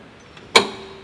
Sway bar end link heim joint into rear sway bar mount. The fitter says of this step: and it pops right in and it's going through